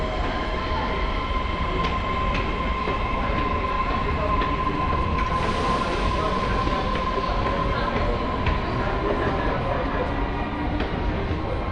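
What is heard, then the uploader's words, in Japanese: A train ride with a steady, dense rumble throughout, a sustained whining tone above it, and faint clicks and rattles recurring every second or so. 鉄道旅 佐賀→博多→中洲川端→呉服町。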